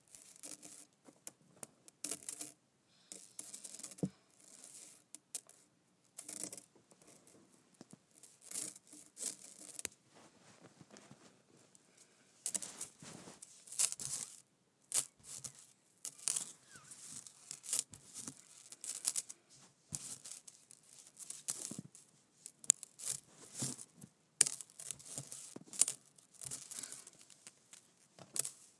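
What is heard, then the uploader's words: A metal chain clinks and rattles in quick, irregular bursts, with bright jingling links and short scraping passages throughout. Brief pauses separate the flurries. ASMR Metal Clinking Chain.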